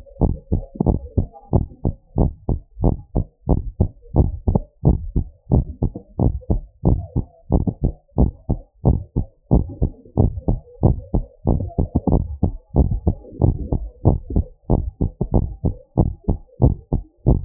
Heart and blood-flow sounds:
heart sounds
0.01	0.23	diastole
0.23	0.35	S1
0.35	0.53	systole
0.53	0.63	S2
0.63	0.87	diastole
0.87	0.99	S1
0.99	1.17	systole
1.17	1.27	S2
1.27	1.53	diastole
1.53	1.65	S1
1.65	1.85	systole
1.85	1.95	S2
1.95	2.19	diastole
2.19	2.31	S1
2.31	2.49	systole
2.49	2.59	S2
2.59	2.83	diastole
2.83	2.97	S1
2.97	3.17	systole
3.17	3.25	S2
3.25	3.49	diastole
3.49	3.61	S1
3.61	3.79	systole
3.79	3.91	S2
3.91	4.17	diastole
4.17	4.31	S1
4.31	4.49	systole
4.49	4.63	S2
4.63	4.87	diastole
4.87	5.01	S1
5.01	5.17	systole
5.17	5.27	S2
5.27	5.53	diastole
5.53	5.65	S1
5.65	5.83	systole
5.83	5.93	S2
5.93	6.21	diastole
6.21	6.33	S1
6.33	6.51	systole
6.51	6.63	S2
6.63	6.87	diastole
6.87	7.01	S1
7.01	7.17	systole
7.17	7.27	S2
7.27	7.53	diastole
7.53	7.63	S1
7.63	7.83	systole
7.83	7.93	S2
7.93	8.19	diastole
8.19	8.31	S1
8.31	8.51	systole
8.51	8.61	S2
8.61	8.87	diastole
8.87	8.99	S1
8.99	9.17	systole
9.17	9.27	S2
9.27	9.53	diastole
9.53	9.65	S1
9.65	9.83	systole
9.83	9.93	S2
9.93	10.19	diastole
10.19	10.31	S1
10.31	10.49	systole
10.49	10.59	S2
10.59	10.83	diastole
10.83	10.97	S1
10.97	11.15	systole
11.15	11.25	S2
11.25	11.47	diastole
11.47	11.61	S1
11.61	11.79	systole
11.79	11.87	S2
11.87	12.09	diastole
12.09	12.25	S1
12.25	12.43	systole
12.43	12.55	S2
12.55	12.77	diastole
12.77	12.89	S1
12.89	13.07	systole
13.07	13.17	S2
13.17	13.43	diastole
13.43	13.57	S1
13.57	13.73	systole
13.73	13.83	S2
13.83	14.07	diastole
14.07	14.19	S1
14.19	14.37	systole
14.37	14.47	S2
14.47	14.71	diastole
14.71	14.85	S1
14.85	15.01	systole
15.01	15.11	S2
15.11	15.35	diastole
15.35	15.47	S1
15.47	15.65	systole
15.65	15.75	S2
15.75	15.99	diastole
15.99	16.13	S1
16.13	16.29	systole
16.29	16.39	S2
16.39	16.63	diastole
16.63	16.75	S1
16.75	16.93	systole
16.93	17.03	S2
17.03	17.27	diastole
17.27	17.39	S1
17.39	17.45	systole
From the record:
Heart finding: normal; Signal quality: good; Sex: female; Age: 59 years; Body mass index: 29.5

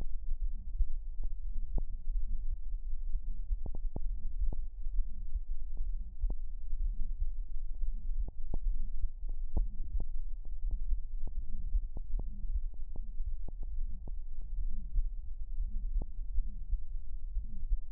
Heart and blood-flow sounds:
heart sounds
not marked
From the record:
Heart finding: aortic stenosis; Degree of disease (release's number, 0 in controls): 4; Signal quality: poor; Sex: male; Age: 62 years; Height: 1.75 m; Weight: 93 kg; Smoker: yes

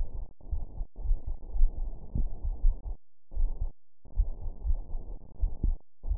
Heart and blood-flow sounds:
heart sounds
not marked
From the record:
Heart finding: coronary artery disease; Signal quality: poor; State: rest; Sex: female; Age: 63 years

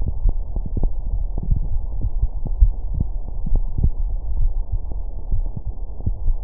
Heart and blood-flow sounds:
heart sounds
0.00	0.06	S1
0.06	0.22	systole
0.22	0.34	S2
0.34	0.78	diastole
0.78	0.92	S1
0.92	1.12	systole
1.12	1.26	S2
1.26	1.70	diastole
1.70	1.82	S1
1.82	2.00	systole
2.00	2.12	S2
2.12	2.60	diastole
2.60	2.76	S1
2.76	2.96	systole
2.96	3.08	S2
3.08	3.50	diastole
3.50	3.66	S1
3.66	3.82	systole
3.82	3.94	S2
3.94	4.36	diastole
4.36	4.52	S1
4.52	4.70	systole
4.70	4.80	S2
4.80	5.30	diastole
5.30	5.42	S1
5.42	5.56	systole
5.56	5.62	S2
5.62	6.04	diastole
6.04	6.16	S1
6.16	6.26	systole
6.26	6.38	S2
6.38	6.44	diastole
From the record:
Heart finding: coronary artery disease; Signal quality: good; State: rest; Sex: female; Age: 64 years

